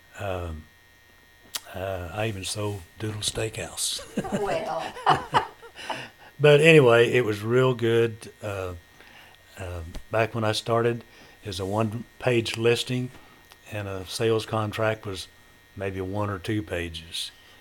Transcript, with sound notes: I even sold Doodle's Steakhouse.
Well.
(Laughter) But anyway, it was real good. Back when I started, it was a one-page listing and a sales contract was maybe a one or two pages,